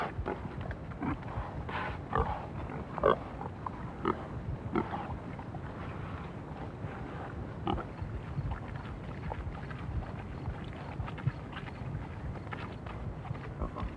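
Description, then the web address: Pigs grunting and snuffling steadily while feeding, over a constant rough, crunching background. "Madacy Music Group Inc 292 Sound Effects. Pigs Feeding"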